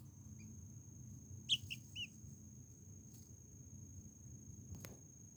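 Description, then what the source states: Silkie chicken chick giving a few short, high peeps in the first half, over a steady high insect-like whine and low background rumble. Smallest Silkie chick, BiwaChan, eating a grasshopper on a small lawn surrounded by trees and shrubs at Pan Cafe Ao, Aoshima beach, Miyazaki city.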